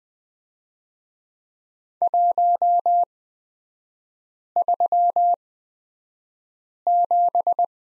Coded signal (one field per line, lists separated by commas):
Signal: Morse code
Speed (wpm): 20 wpm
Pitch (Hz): 700 Hz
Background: none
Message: 137